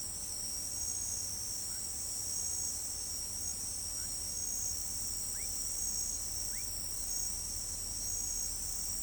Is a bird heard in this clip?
no